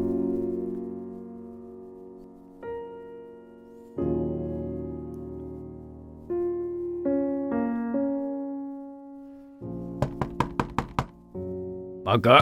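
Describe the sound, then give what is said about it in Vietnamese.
Sustained musical tones play, then a burst of about six quick, loud bangs on a door cuts in near the end, sharp and evenly spaced over the music, as someone pounds on a house door early in the morning. “Mới sáng sớm đã có tiếng ai gọi ôm sầm từ ngoài cổng, cộng thêm tiếng đập cửa đinh tai.”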